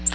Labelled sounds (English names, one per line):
Nashville Warbler flight call